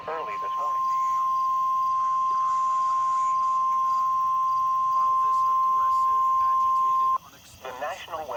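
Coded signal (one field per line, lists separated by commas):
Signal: Emergency Alert System (SAME) tones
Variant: 1050 Hz attention tone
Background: speech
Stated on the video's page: EAS alerts including a severe thunderstorm watch, recorded from NOAA Weather Radio.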